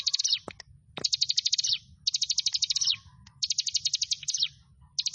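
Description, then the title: Prinia song: fast buzzy trills of rapid high notes, each burst lasting about half a second to a second, repeated with short pauses, plus a few sharp clicks. "Ciblek Sawah"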